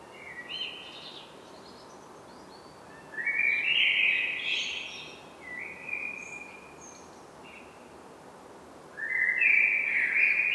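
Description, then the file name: Common blackbird song: a soft opening phrase, a loud rich warbling phrase, a shorter quieter phrase, then another loud phrase running to the end, with quiet gaps between. "Turdus merula"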